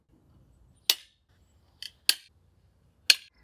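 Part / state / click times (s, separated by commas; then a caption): sliding corner bracket on a folding gazebo leg / seated / 0.9 s, 2.1 s, 3.1 s. A folding gazebo frame is lifted further so the sliding corner bracket on its metal leg snaps into its locking position. Loud, sharp metallic clicks ring out at 0.9, 2.1 and 3.1 seconds, with a fainter click at 1.9 seconds and a low rumble in between. The corner bracket latches into place.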